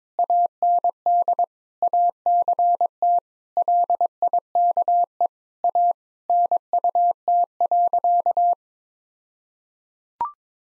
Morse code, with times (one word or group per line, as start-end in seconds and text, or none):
0.2-1.4 AND
1.8-3.2 ACT
3.6-5.3 LIKE
5.6-5.9 A
6.3-8.5 NUT.